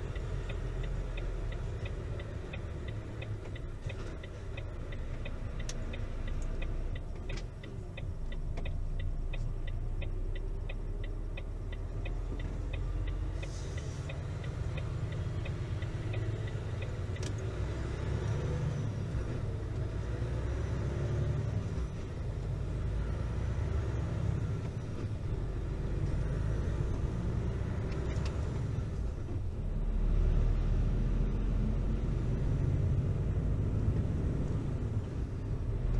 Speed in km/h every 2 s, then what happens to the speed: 6, 4, 4, 2, 2, 0, 6, 6, 8, 10, 11, 15, 16, 20, 17, 23, 28, 27.
0-6 steady at about 4. 6-11 standing. 11-36 pulls away to 27.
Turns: none.